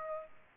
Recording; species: mosquito wingbeat signal from an infrared sensor; Aedes aegypti